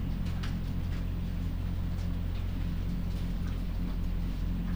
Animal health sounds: poultry house recording; sick chickens (respiratory disease)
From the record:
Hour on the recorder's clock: 4

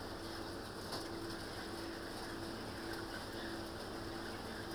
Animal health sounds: poultry house recording; healthy chickens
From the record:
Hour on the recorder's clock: 19

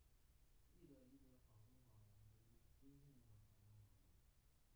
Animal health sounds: poultry house recording; no chicken sound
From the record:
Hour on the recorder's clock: 18

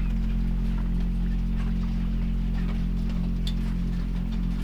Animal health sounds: poultry house recording; sick chickens (respiratory disease)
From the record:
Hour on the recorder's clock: 1

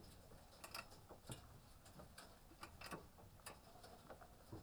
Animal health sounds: poultry house recording; healthy chickens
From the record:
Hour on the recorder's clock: 18

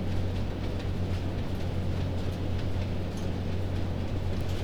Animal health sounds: poultry house recording; no chicken sound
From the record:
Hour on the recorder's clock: 22

